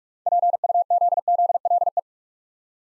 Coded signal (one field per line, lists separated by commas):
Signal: Morse code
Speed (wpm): 44 wpm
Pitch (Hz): 700 Hz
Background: none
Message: PUZZLE